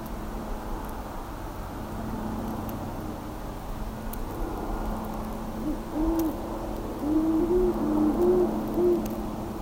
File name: Great Horned Owl - Bubo virginianus